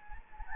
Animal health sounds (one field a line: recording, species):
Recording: mosquito wingbeat signal from an infrared sensor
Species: Anopheles gambiae